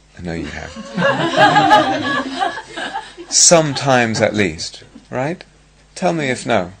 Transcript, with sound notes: I know you have. [laughter] Sometimes at least, right? Tell me if no.